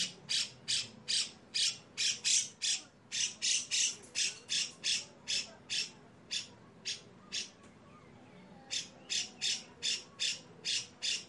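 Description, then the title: Grey-cheeked bulbul's grating song: fast runs of harsh, buzzy rasps, breaking off briefly before the rough bursts start again. Long, harsh 'besetan' style song used for training caged birds. "MASTERAN CUCAK JENGGOT GACOR FULL BESETAN KASAR DURASI PANJANG !!!. CUCAK JENGGOT GACOR SUARA BESETAN PANJANG‼️PANCINGAN-MASTERAN BURUNG"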